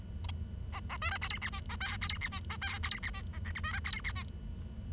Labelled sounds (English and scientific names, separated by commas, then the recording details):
Bengalese Finch (Lonchura striata domestica) song
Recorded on 23 June 2012 at 07:33
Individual gr41rd51